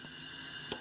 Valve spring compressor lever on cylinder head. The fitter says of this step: and it'll lock into place, right?